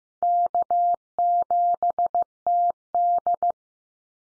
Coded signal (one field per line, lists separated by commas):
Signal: Morse code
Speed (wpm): 15 wpm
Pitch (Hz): 700 Hz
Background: none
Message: K7TD